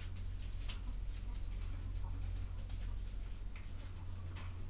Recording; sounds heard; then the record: poultry house recording; sick chickens (respiratory disease)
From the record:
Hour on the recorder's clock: 11